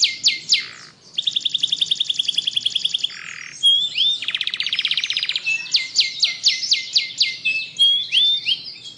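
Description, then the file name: Atlantic canary song with a quick series of descending notes, a long rapid rattling trill, then more buzzy rolls and falling whistles, all high-pitched and continuous. Canary singing continuously without pause, a song style called ngebren. "Suara Kenari Ngebren"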